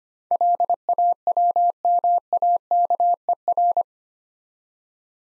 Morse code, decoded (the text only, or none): LAWMAKER